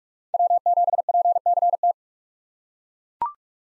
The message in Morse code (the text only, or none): W7PCT